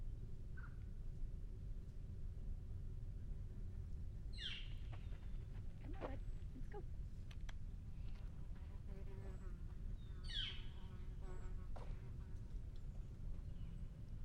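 Outdoor ambience at Tilden Regional Park in Orinda, California, with a steady low rumble throughout. Short bird calls break through now and then, with brighter chirps near four and ten seconds, plus scattered clicks and faint murmurs.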